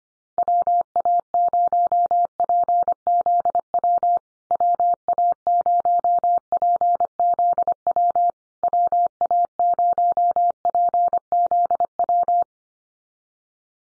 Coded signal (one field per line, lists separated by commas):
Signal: Morse code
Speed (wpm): 25 wpm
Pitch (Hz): 700 Hz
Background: none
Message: WA0PZW WA0PZW WA0PZW